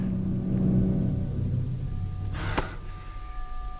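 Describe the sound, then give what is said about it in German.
A deep, growling rumble from deep in the earth at St. Jago, Chile, rolls on steadily throughout, low and heavy, with a faint tonal hum above it and a brief breathy burst about two-thirds of the way through. “Nur Knurren und Grollen aus der Tiefe.”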